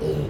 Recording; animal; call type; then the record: contact call of a hoofed animal; pig; closed-mouth grunt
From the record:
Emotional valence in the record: negative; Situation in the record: short social isolation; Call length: 0.29 s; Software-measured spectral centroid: 1780 Hz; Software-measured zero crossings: 880 a second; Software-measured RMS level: -24 dBFS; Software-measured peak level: -14 dBFS